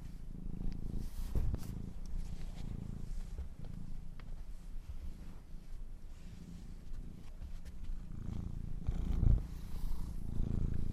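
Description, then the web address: Domestic cat purring steadily, low and throbbing, rising and falling with each breath, with light scratchy rustles and a brief louder bump near the end. Kittens, more than one, purring. "sleepandrelaxasmr. The Purring Kittens"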